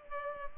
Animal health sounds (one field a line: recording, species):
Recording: mosquito wingbeat signal from an infrared sensor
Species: Culex pipiens